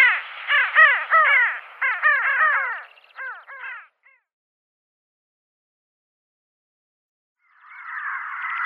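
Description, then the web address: Pin-tailed sandgrouse giving harsh, nasal, arching calls in quick irregular series for about four seconds, then silence, then a rushing sound lasting over a second. "Schulze Peter Pin-tailed Sandgrouse"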